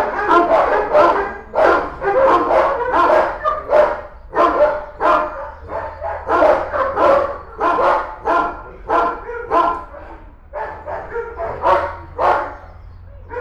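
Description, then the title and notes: Dogs barking loudly and continuously, many rapid overlapping barks throughout. Several dogs barking in the dog department of the Albert Schweitzer animal shelter, Altenessen-Süd, Essen, Germany, as a dog returns from a walk. "Altenessen - Süd, Essen, Deutschland - essen, albert schweitzer tierheim, dogs. Im Albert Schweitzer Tierheim in der Hunde Abteilung. Die Klänge von Hundegebell als ein Tier vom "Gassi"- Gehen zurück kehrt. Projekt - Stadtklang//: Hörorte"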